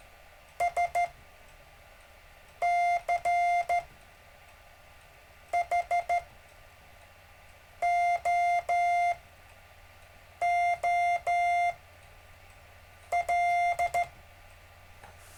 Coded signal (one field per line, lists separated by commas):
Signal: Morse code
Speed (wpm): 14 wpm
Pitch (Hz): 700 Hz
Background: none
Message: SCHOOL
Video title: David Casler Live Stream Morse Code 1 17 Feb 2018